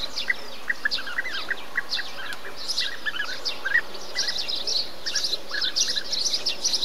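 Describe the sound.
Bee-eater calls: repeated purring notes, with busier high-pitched chirping in the second half.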